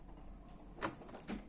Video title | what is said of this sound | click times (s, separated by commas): Unboxing & Demo Usha Janome Sew Magic Computerized Sewing Machine with 30 Built-in Stitches #nitya | ఎట్లా అంటే lock అయిపోతుంది foot. | 0.8 s